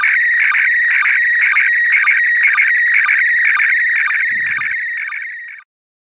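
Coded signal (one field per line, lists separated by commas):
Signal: SSTV (slow-scan television)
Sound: steady warbling, chirping tone with rhythmic short low blips about twice a second, then cuts off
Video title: ARISS SSTV Award Remembering Owen Garriott W5LFL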